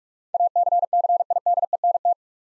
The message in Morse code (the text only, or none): ACCIDENT